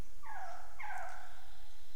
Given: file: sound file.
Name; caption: currawong-mimicry; An example of the female Albert's lyrebird at Goomburra mimicking the call of a pied currawong (Strepera graculina).